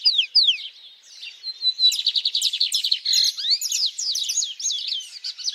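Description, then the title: Birds singing in a fast, chattering twitter of slurred and trilled notes that runs almost without a break. Birds singing at dawn. "Pássaros Cantando No Amanhecer"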